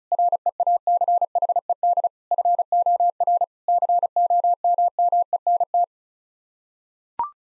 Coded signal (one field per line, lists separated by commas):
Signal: Morse code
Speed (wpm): 34 wpm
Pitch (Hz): 700 Hz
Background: none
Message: REACHED FOR COMMENT